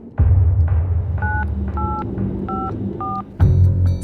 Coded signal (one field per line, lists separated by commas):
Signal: DTMF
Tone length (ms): 230 ms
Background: music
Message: 9854